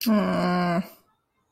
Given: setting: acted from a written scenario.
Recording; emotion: vocal sound without words; embarrassment